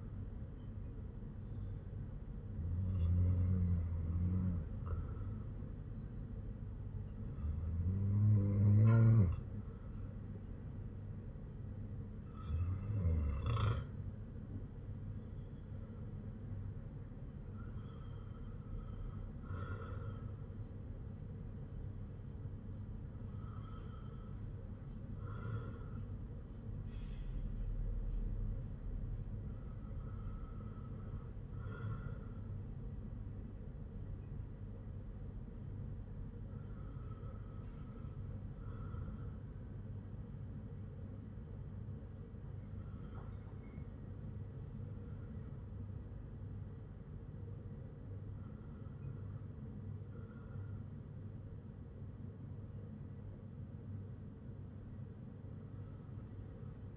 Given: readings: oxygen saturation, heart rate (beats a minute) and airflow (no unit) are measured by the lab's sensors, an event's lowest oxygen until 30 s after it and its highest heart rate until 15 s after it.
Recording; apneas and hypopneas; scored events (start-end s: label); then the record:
breathing in sleep by a smartphone at the bedside; none
none scored
From the record:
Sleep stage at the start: REM sleep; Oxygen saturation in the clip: 95 to 97%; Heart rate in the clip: 52 to 68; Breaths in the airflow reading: 9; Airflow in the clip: -4.9 to 6.4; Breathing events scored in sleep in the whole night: 182 in 7.4 hours asleep